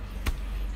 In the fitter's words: terpasang dengan benar sampai dia bunyi. Biasanya bunyinya itu klik gitu ya.